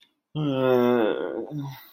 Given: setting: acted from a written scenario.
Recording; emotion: vocal sound without words; shame